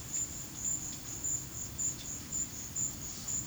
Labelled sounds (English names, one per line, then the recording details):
none
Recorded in pastures near Puerto Asís, Putumayo, Colombia, on 8 March 2025 at 15:00
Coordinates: 0.487, -76.322
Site G077